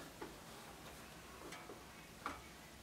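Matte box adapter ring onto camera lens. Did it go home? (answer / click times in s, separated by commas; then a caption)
yes / 2.3 s. The second-largest adapter ring for a matte box is pushed onto a camera lens to check the fit. A quiet rustle is followed by one short, sharp tick at 2.3 s, and the ring seats on the lens as the right size.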